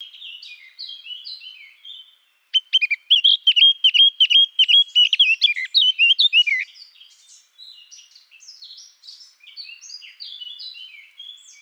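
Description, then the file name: Eurasian blackcap singing a loud, fast burst of sharp, fluty warbling notes for about four seconds, with quieter scratchy twittering before and after. "Sylvia atricapilla"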